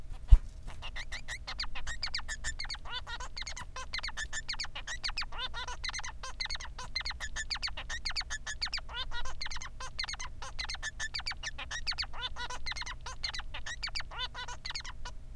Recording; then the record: song of a male Bengalese finch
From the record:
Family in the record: son of father 3